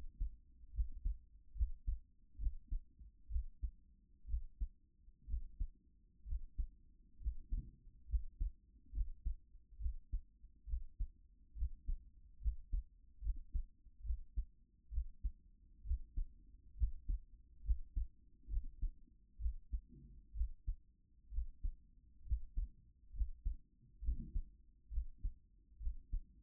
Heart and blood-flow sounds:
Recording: heart sounds by stethoscope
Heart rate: 68 bpm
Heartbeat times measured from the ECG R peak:
0.71 s: heartbeat
1.53 s: heartbeat
2.37 s: heartbeat
3.28 s: heartbeat
4.26 s: heartbeat
5.25 s: heartbeat
6.24 s: heartbeat
7.18 s: heartbeat
8.06 s: heartbeat
8.91 s: heartbeat
9.78 s: heartbeat
10.65 s: heartbeat
11.54 s: heartbeat
12.38 s: heartbeat
13.20 s: heartbeat
14.02 s: heartbeat
14.89 s: heartbeat
15.82 s: heartbeat
16.74 s: heartbeat
17.62 s: heartbeat
18.47 s: heartbeat
19.38 s: heartbeat
20.32 s: heartbeat
21.29 s: heartbeat
22.23 s: heartbeat
23.11 s: heartbeat
24.00 s: heartbeat
24.89 s: heartbeat
25.78 s: heartbeat
From the record:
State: at rest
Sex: female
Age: 31 years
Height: 167 cm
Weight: 61 kg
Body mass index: 21.87

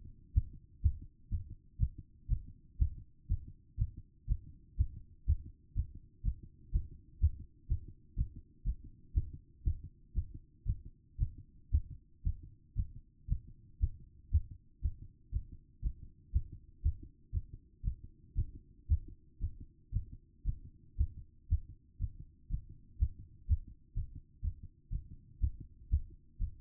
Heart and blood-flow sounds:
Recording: heart sounds by stethoscope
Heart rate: 120 bpm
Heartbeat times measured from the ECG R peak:
0.33 s: heartbeat
0.82 s: heartbeat
1.30 s: heartbeat
1.78 s: heartbeat
2.28 s: heartbeat
2.78 s: heartbeat
3.27 s: heartbeat
3.77 s: heartbeat
4.27 s: heartbeat
4.76 s: heartbeat
5.26 s: heartbeat
5.74 s: heartbeat
6.23 s: heartbeat
6.71 s: heartbeat
7.20 s: heartbeat
7.68 s: heartbeat
8.16 s: heartbeat
8.64 s: heartbeat
9.13 s: heartbeat
9.63 s: heartbeat
10.14 s: heartbeat
10.65 s: heartbeat
11.17 s: heartbeat
11.70 s: heartbeat
12.23 s: heartbeat
12.75 s: heartbeat
13.27 s: heartbeat
13.79 s: heartbeat
14.30 s: heartbeat
14.81 s: heartbeat
15.31 s: heartbeat
15.81 s: heartbeat
16.32 s: heartbeat
16.82 s: heartbeat
17.32 s: heartbeat
17.82 s: heartbeat
18.34 s: heartbeat
18.87 s: heartbeat
19.39 s: heartbeat
19.91 s: heartbeat
20.44 s: heartbeat
20.96 s: heartbeat
21.48 s: heartbeat
21.99 s: heartbeat
22.49 s: heartbeat
22.98 s: heartbeat
23.47 s: heartbeat
23.94 s: heartbeat
24.42 s: heartbeat
24.90 s: heartbeat
25.40 s: heartbeat
25.89 s: heartbeat
26.39 s: heartbeat
From the record:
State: after exercise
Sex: female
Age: 27 years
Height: 169 cm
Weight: 63 kg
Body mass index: 22.06

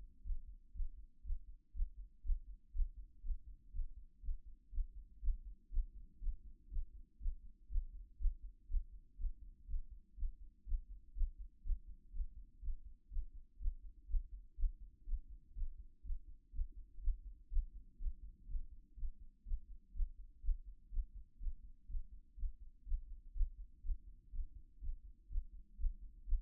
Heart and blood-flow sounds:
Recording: heart sounds by stethoscope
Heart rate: 122 bpm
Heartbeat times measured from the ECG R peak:
0.23 s: heartbeat
0.73 s: heartbeat
1.23 s: heartbeat
1.73 s: heartbeat
2.23 s: heartbeat
2.73 s: heartbeat
3.23 s: heartbeat
3.72 s: heartbeat
4.22 s: heartbeat
4.71 s: heartbeat
5.21 s: heartbeat
5.70 s: heartbeat
6.20 s: heartbeat
6.70 s: heartbeat
7.19 s: heartbeat
7.69 s: heartbeat
8.18 s: heartbeat
8.68 s: heartbeat
9.17 s: heartbeat
9.67 s: heartbeat
10.16 s: heartbeat
10.65 s: heartbeat
11.14 s: heartbeat
11.63 s: heartbeat
12.12 s: heartbeat
12.61 s: heartbeat
13.10 s: heartbeat
13.58 s: heartbeat
14.07 s: heartbeat
14.56 s: heartbeat
15.05 s: heartbeat
15.54 s: heartbeat
16.03 s: heartbeat
16.52 s: heartbeat
17.01 s: heartbeat
17.50 s: heartbeat
17.98 s: heartbeat
18.47 s: heartbeat
18.96 s: heartbeat
19.45 s: heartbeat
19.93 s: heartbeat
20.42 s: heartbeat
20.90 s: heartbeat
21.39 s: heartbeat
21.88 s: heartbeat
22.36 s: heartbeat
22.85 s: heartbeat
23.34 s: heartbeat
23.82 s: heartbeat
24.31 s: heartbeat
24.80 s: heartbeat
25.29 s: heartbeat
25.77 s: heartbeat
26.25 s: heartbeat
From the record:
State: after exercise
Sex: female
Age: 26 years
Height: 180 cm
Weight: 85 kg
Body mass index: 26.23

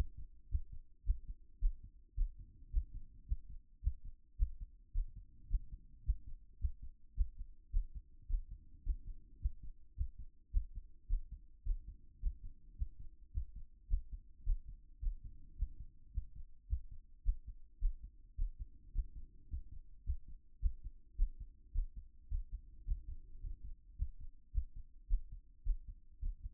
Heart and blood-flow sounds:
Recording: heart sounds by stethoscope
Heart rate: 107 bpm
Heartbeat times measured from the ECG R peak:
0.49 s: heartbeat
1.04 s: heartbeat
1.59 s: heartbeat
2.15 s: heartbeat
2.70 s: heartbeat
3.26 s: heartbeat
3.81 s: heartbeat
4.36 s: heartbeat
4.92 s: heartbeat
5.48 s: heartbeat
6.03 s: heartbeat
6.59 s: heartbeat
7.14 s: heartbeat
7.71 s: heartbeat
8.27 s: heartbeat
8.83 s: heartbeat
9.39 s: heartbeat
9.95 s: heartbeat
10.51 s: heartbeat
11.07 s: heartbeat
11.63 s: heartbeat
12.20 s: heartbeat
12.76 s: heartbeat
13.31 s: heartbeat
13.87 s: heartbeat
14.44 s: heartbeat
15.00 s: heartbeat
15.56 s: heartbeat
16.11 s: heartbeat
16.67 s: heartbeat
17.23 s: heartbeat
17.79 s: heartbeat
18.35 s: heartbeat
18.92 s: heartbeat
19.48 s: heartbeat
20.04 s: heartbeat
20.60 s: heartbeat
21.16 s: heartbeat
21.72 s: heartbeat
22.28 s: heartbeat
22.84 s: heartbeat
23.40 s: heartbeat
23.96 s: heartbeat
24.51 s: heartbeat
25.07 s: heartbeat
25.63 s: heartbeat
26.19 s: heartbeat
From the record:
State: after exercise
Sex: male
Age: 40 years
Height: 190 cm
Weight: 114 kg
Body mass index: 31.58

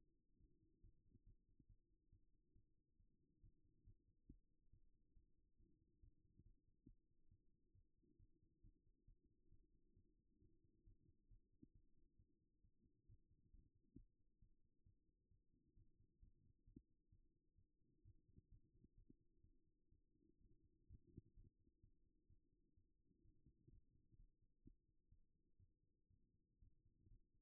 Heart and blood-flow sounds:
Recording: heart sounds by stethoscope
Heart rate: 133 bpm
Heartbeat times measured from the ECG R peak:
0.39 s: heartbeat
0.82 s: heartbeat
1.25 s: heartbeat
1.68 s: heartbeat
2.11 s: heartbeat
2.54 s: heartbeat
2.98 s: heartbeat
3.42 s: heartbeat
3.85 s: heartbeat
4.28 s: heartbeat
4.71 s: heartbeat
5.15 s: heartbeat
5.58 s: heartbeat
6.01 s: heartbeat
6.44 s: heartbeat
6.87 s: heartbeat
7.30 s: heartbeat
7.73 s: heartbeat
8.18 s: heartbeat
8.62 s: heartbeat
9.06 s: heartbeat
9.50 s: heartbeat
9.95 s: heartbeat
10.40 s: heartbeat
10.85 s: heartbeat
11.29 s: heartbeat
11.73 s: heartbeat
12.17 s: heartbeat
12.62 s: heartbeat
13.07 s: heartbeat
13.52 s: heartbeat
13.96 s: heartbeat
14.40 s: heartbeat
14.84 s: heartbeat
15.29 s: heartbeat
15.75 s: heartbeat
16.21 s: heartbeat
16.66 s: heartbeat
17.11 s: heartbeat
17.56 s: heartbeat
18.03 s: heartbeat
18.50 s: heartbeat
18.96 s: heartbeat
19.42 s: heartbeat
19.90 s: heartbeat
20.39 s: heartbeat
20.88 s: heartbeat
21.35 s: heartbeat
21.82 s: heartbeat
22.28 s: heartbeat
22.75 s: heartbeat
23.23 s: heartbeat
23.71 s: heartbeat
24.18 s: heartbeat
24.64 s: heartbeat
25.10 s: heartbeat
25.58 s: heartbeat
26.09 s: heartbeat
26.60 s: heartbeat
27.09 s: heartbeat
From the record:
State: after exercise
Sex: female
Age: 33 years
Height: 160 cm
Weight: 54 kg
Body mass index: 21.09

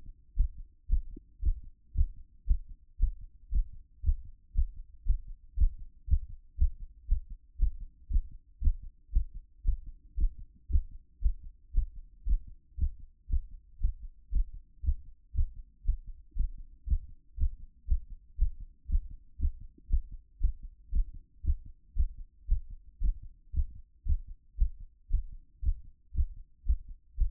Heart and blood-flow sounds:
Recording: heart sounds by stethoscope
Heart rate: 116 bpm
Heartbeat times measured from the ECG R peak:
0.35 s: heartbeat
0.88 s: heartbeat
1.41 s: heartbeat
1.93 s: heartbeat
2.46 s: heartbeat
2.98 s: heartbeat
3.50 s: heartbeat
4.02 s: heartbeat
4.53 s: heartbeat
5.04 s: heartbeat
5.55 s: heartbeat
6.06 s: heartbeat
6.57 s: heartbeat
7.07 s: heartbeat
7.57 s: heartbeat
8.08 s: heartbeat
8.60 s: heartbeat
9.11 s: heartbeat
9.63 s: heartbeat
10.15 s: heartbeat
10.68 s: heartbeat
11.20 s: heartbeat
11.72 s: heartbeat
12.24 s: heartbeat
12.76 s: heartbeat
13.28 s: heartbeat
13.79 s: heartbeat
14.30 s: heartbeat
14.82 s: heartbeat
15.33 s: heartbeat
15.84 s: heartbeat
16.34 s: heartbeat
16.85 s: heartbeat
17.36 s: heartbeat
17.86 s: heartbeat
18.37 s: heartbeat
18.87 s: heartbeat
19.38 s: heartbeat
19.88 s: heartbeat
20.39 s: heartbeat
20.91 s: heartbeat
21.42 s: heartbeat
21.94 s: heartbeat
22.47 s: heartbeat
22.99 s: heartbeat
23.52 s: heartbeat
24.04 s: heartbeat
24.56 s: heartbeat
25.08 s: heartbeat
25.61 s: heartbeat
26.13 s: heartbeat
26.64 s: heartbeat
27.16 s: heartbeat
From the record:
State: after exercise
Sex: male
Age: 42 years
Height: 186 cm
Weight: 80 kg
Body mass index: 23.12

